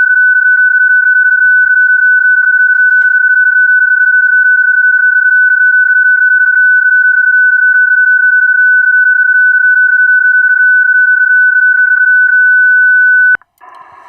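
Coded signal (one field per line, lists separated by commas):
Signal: PSK31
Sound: steady warbling single tone about 13 seconds, then abrupt cut to hiss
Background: radio static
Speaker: Oh, shoot, I think I got a call again. I'll use a macro for calling CQ.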